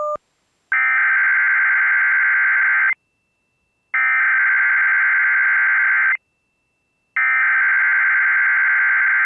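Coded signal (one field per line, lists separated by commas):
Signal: Emergency Alert System (SAME) tones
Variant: header bursts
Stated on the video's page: Real Child Abduction Emergency relayed by the National Weather Service at the request of state emergency management.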